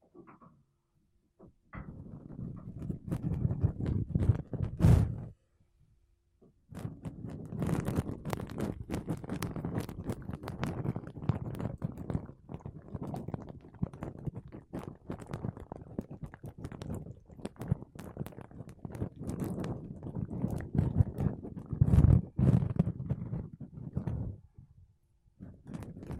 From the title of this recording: Mic Brushing Using Makeup Brushes and Sponge